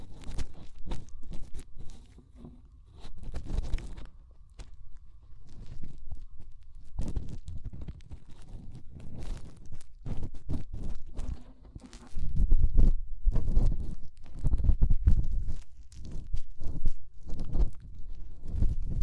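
Fingers rub and press close against the ear, making dense, irregular thumping and scratching sounds that are mostly low and muffled, with crisp clicky edges. The rubbing comes in bursts, louder and heavier from about twelve seconds onward, with brief quieter pauses between.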